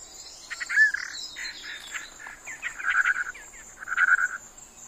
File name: Batis mixta